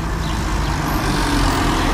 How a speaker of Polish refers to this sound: No tak, bo nawet jak sobie tutaj stoimy, to inaczej słychać samochody, które jadą po takiej brukowanej kostce, głośniejsze. Inny jak samochód jedzie po takiej gładkiej powierzchni.